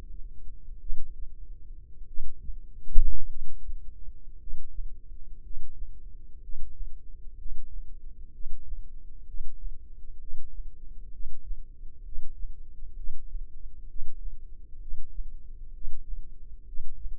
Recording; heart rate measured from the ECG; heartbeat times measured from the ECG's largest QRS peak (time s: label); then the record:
heart sounds by microphone in the left ear; 61 bpm
0.80 s: heartbeat
2.06 s: heartbeat
3.26 s: heartbeat
4.37 s: heartbeat
5.40 s: heartbeat
6.39 s: heartbeat
7.36 s: heartbeat
8.31 s: heartbeat
9.24 s: heartbeat
10.18 s: heartbeat
11.10 s: heartbeat
12.02 s: heartbeat
12.94 s: heartbeat
13.86 s: heartbeat
14.78 s: heartbeat
15.71 s: heartbeat
16.64 s: heartbeat
From the record:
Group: healthy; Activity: rest 0-7 s, Valsalva maneuver 7-17 s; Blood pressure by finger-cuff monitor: 131/66 mmHg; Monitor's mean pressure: 80 mmHg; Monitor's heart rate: 61 bpm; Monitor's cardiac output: 5.8 L/min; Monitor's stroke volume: 97 mL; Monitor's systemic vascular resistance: 1090 dyn s/cm5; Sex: male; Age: 25 years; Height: 170 cm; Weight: 70.4 kg